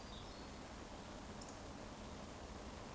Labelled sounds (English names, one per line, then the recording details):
Eurasian Woodcock whistle
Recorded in Baden-Württemberg, Germany, on 25 June 2020 at 19:49 UTC
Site 14569, 102 m above sea level